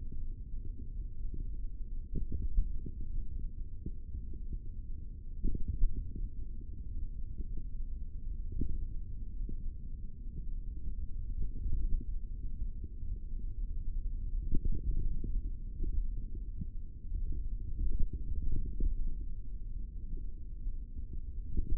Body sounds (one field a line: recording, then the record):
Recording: forearm muscle sounds (acoustic myography)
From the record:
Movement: finger pinch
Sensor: system 3, bracelet of six PUI Audio POM-2738L microphones around the upper forearm, with dedicated amplification and filtering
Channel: 5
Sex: male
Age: 23 years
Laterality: right